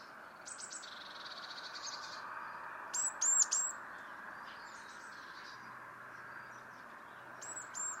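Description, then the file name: Eurasian blue tit calling: a quick buzzy trill, then a few high thin downslurred notes, against a steady low hum. "Cyanistes caeruleus"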